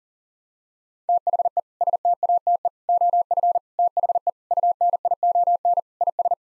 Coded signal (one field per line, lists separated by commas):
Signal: Morse code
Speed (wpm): 40 wpm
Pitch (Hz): 700 Hz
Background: none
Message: THE STATE OF THE UNION IS